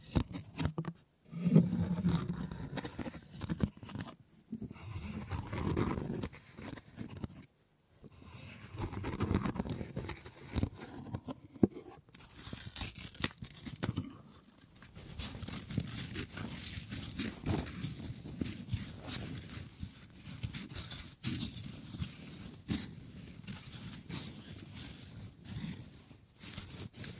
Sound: Wood Triggers